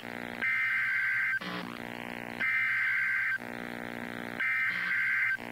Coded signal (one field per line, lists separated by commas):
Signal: Emergency Alert System (SAME) tones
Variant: header bursts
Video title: EAS #1288 - Flash Flood Warning 10-24-2015